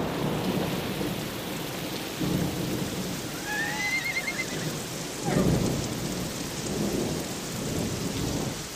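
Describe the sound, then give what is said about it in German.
Steady heavy rain at night hisses throughout while low thunder rumbles swell and fade, with the loudest deep roll arriving past the midpoint. No voices are heard. “Es ist eine regnerische Nacht.”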